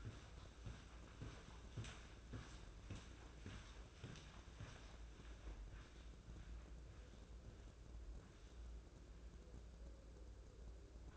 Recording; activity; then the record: daily activity, microphone in the room; walk to room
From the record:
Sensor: 2